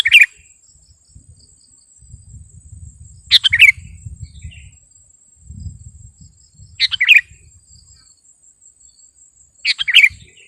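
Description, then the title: Sooty-headed bulbul song: four brief, burbling phrases spaced roughly three seconds apart, with a continuous high insect whine and soft low rumbles. "kutilang"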